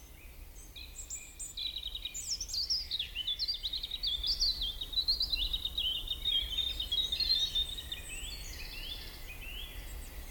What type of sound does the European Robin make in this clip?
song